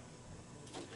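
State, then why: Not seated. A plastic spray tip is slid sideways into its groove on a Wagner paint sprayer nozzle, giving a steady low rustle of handling with a brief brighter swell near 0.7–0.8 s. Nothing has seated or clicked yet; the tip is not yet home when the clip ends.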